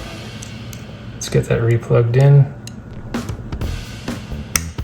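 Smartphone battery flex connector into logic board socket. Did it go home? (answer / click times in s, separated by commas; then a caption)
yes / 4.6 s. A smartphone battery's flex cable connector is pressed back onto its socket on the logic board while someone talks. Faint taps come before a single sharp snap at 4.6 s, the loudest sound in the clip, as the connector seats firmly onto the board.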